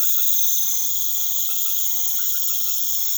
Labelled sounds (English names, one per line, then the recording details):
none
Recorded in pastures near Puerto Asís, Putumayo, Colombia, on 24 March 2025 at 20:00
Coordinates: 0.487, -76.322
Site G077